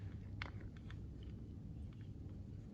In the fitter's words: and we're do the same thing on the other side so just click it in